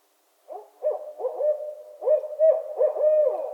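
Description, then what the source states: Barred owls trade excited hoots and looping cackles in quick succession, the overlapping calls building in intensity throughout. Several owls calling during the mating season in northern Michigan.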